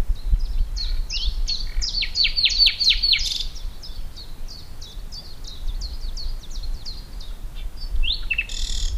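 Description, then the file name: Common nightingale song: a few whistled notes, a loud burst of sharp chips, then a long run of soft repeated notes and a final rattle. "Luscinia megarhynchos"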